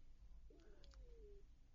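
A single drawn-out, squeaky gurgle lasting about a second, sliding slowly down in pitch like a faint coo over low room hum. This is an adult's stomach growling (borborygmi), the ordinary sound of gas and fluid moving through the gut.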